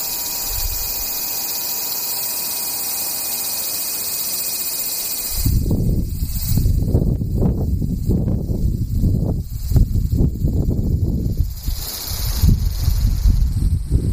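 Cicadas keep up a steady, high, shimmering buzz that runs through the whole clip without a break. After about five seconds, loud low rumbling gusts, like wind hitting the microphone, start pulsing irregularly and partly bury the insects until the end.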